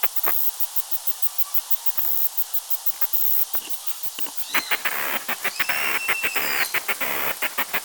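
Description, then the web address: Cicada song of short, dry clicking pulses, with thin whistled tones from the middle on. "cicadidae tibialis"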